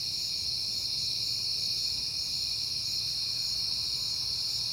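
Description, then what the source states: Crickets sing in a bright, unbroken high chorus, level and sustained throughout, with a faint low background hum. Crickets recorded at night in September, on a peaceful night.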